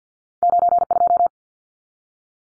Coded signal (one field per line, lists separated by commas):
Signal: Morse code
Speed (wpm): 50 wpm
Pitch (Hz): 700 Hz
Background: none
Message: 92